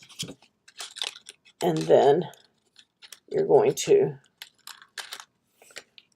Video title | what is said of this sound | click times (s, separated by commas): Learn Cricut Design Space & More - | Now, this one didn't snap in, and that could be a difference in my tea light | none